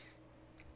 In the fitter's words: and it clicks into place